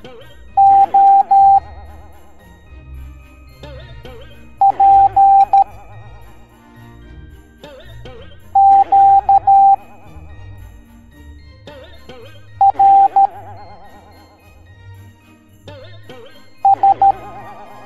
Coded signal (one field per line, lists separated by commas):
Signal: Morse code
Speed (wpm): 13 wpm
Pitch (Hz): 790 Hz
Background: music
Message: O P Q R S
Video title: Bouncing Santa Teaching the Morse Code Alphabet Educational Video for Kids